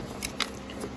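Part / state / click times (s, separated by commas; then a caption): intercooler into its mounting clips in the engine bay / seated / 0.2 s, 0.4 s. An intercooler is slid down and pressed into its retaining clips on both sides in the engine bay of an E84 X1 with an N55 xDrive engine. Two sharp snaps are heard at 0.3 s and 0.4 s, followed by a softer knock near 0.7 s over a low steady hum. The intercooler is seated in its clips.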